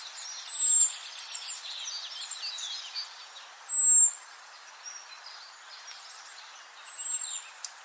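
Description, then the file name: Eurasian blackbird giving thin, high drawn-out whistled calls, about three throughout, over a busy background of chirping birds. "Turdus merula"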